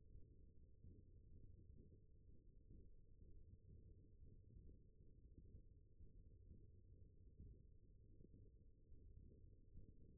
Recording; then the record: forearm muscle sounds (acoustic myography)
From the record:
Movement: finger pinch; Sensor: system 1, eight BSWA MPA416 microphones around the upper forearm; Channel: 3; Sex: male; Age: 21 years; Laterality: right